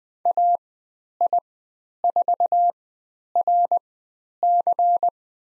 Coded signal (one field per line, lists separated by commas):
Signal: Morse code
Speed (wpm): 20 wpm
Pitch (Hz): 700 Hz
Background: none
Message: AI4RC